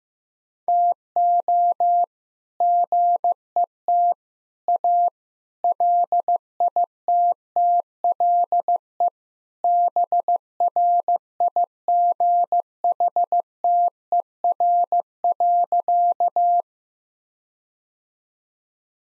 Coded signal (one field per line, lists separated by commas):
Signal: Morse code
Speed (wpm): 15 wpm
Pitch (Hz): 700 Hz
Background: none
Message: TO GET A LITTLE BRIGHTER.